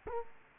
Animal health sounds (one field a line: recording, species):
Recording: mosquito wingbeat signal from an infrared sensor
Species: Culex quinquefasciatus